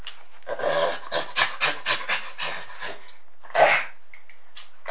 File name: schimpanse